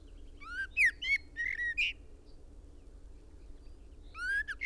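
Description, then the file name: Common blackbird delivering a quick series of whistled, slurred notes, then a pause and a further rising whistle, over a constant low background hum. "Turdus merula"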